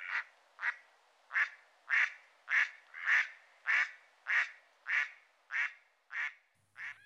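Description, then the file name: Mallard quacking, a series of about twelve harsh nasal quacks, roughly one every half second, building in loudness and then fading toward the end. "canard colvert"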